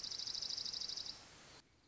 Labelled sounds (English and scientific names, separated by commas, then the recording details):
Dark-eyed Junco (Junco hyemalis)
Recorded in Sonoma County, California